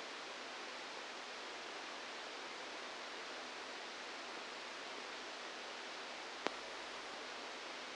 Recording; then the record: brain microelectrode recording played as sound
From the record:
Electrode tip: outside the subthalamic nucleus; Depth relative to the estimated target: -2 mm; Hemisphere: left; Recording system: NeuroSet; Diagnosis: Parkinson's disease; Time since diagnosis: 10 years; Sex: male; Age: 63 years